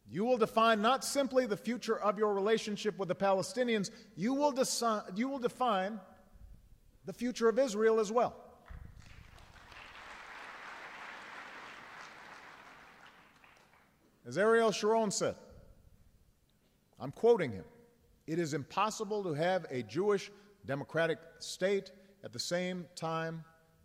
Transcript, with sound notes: you will define not simply the future of your relationship with the Palestinians -- you will define the future of Israel as well. (Applause.) As Ariel Sharon said -- I'm quoting him -- “It is impossible to have a Jewish democratic state, at the same time